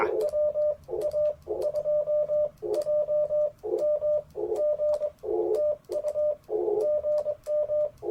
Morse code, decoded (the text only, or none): WA2JMG TU GM